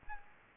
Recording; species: mosquito wingbeat signal from an infrared sensor; Aedes aegypti